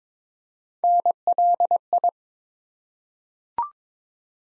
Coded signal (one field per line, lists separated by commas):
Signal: Morse code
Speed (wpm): 22 wpm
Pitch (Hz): 700 Hz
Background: none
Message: NLI